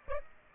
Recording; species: mosquito wingbeat signal from an infrared sensor; Aedes aegypti